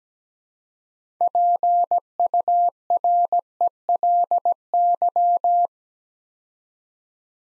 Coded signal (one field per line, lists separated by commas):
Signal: Morse code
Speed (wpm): 17 wpm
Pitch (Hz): 700 Hz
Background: none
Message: PURELY